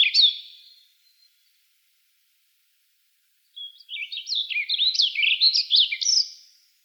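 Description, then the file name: Warbling vireo song: the tail of one warbled phrase, a silent gap of over two seconds, then a full, fast, rolling phrase of tumbling slurred notes. Recorded in Arizona; date given as 05/16/06. "WAVI 6 deviche"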